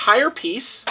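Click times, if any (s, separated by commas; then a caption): none. Someone talks while a plastic panel piece of a DC Multiverse SDCC 2014 Exclusive Batman Arkham Knight toy Batmobile is handled near the body, with a brief hissy rustle as it is moved. Nothing has seated or clicked yet.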